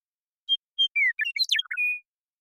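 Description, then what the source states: Western meadowlark song opening with two clear whistled notes, then a descending slur and a rapid gurgling tumble, closing on a long steady whistle. Song, in the Pacific Northwest, Washington, United States; isolated and processed, natural pace and rhythm kept.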